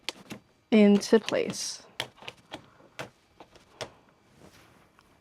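A UV ink cartridge, shaken first, is pushed into its slot in the cartridge bay of a EufyMake E1 UV printer and seats with a sharp click at 0.1 s. Someone talks, and several more small clicks and knocks follow through the rest of the clip.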